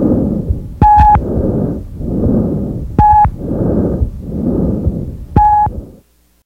Breath sounds, not usually auscultated, are present over the extrathoracic portion of the trachea. They are very loud, very high-pitched, and have a harsh, hollow quality, the expiratory phase being slightly longer than the inspiratory phase. Tracheal breath sounds.